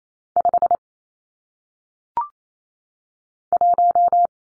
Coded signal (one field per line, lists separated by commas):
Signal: Morse code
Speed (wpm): 28 wpm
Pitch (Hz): 700 Hz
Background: none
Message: 5 1